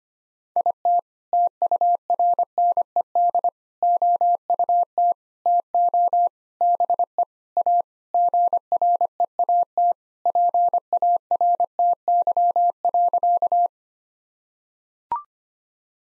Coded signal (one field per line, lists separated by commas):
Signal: Morse code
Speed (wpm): 25 wpm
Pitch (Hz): 700 Hz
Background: none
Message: IT TURNED OUT TO BE A GREAT PARTY.